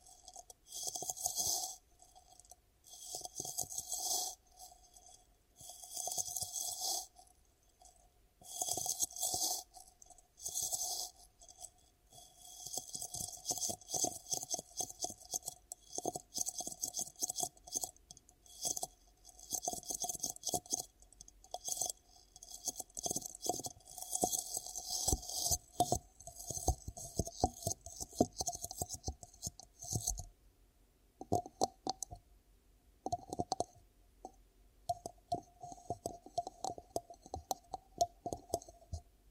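Ear cupping sounds come as rounded, muffled swishes in bursts of a second or two, with a steady low hum under them. From about 15 seconds the handling turns busier, with quick irregular taps and crackly rubs, easing into sparse pulses near the end.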